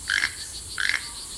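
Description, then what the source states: Keel-billed Toucan calls: two short rattling croaks about two-thirds of a second apart, over steady background hiss. Year-round resident in coffee plantations in Belize; a bird with a massive multicolored bill.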